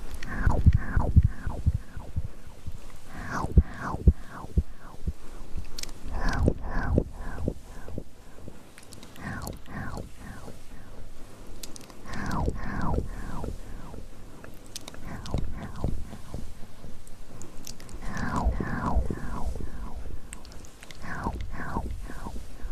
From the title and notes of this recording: ASMR Tingly Mouth Sounds & Hand Movements.